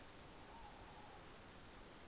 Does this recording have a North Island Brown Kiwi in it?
no